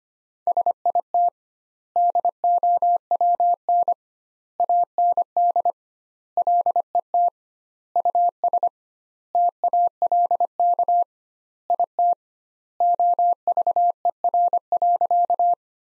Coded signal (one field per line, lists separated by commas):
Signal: Morse code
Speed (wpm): 25 wpm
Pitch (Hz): 700 Hz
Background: none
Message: SIT DOWN AND LET US TALK IT OVER.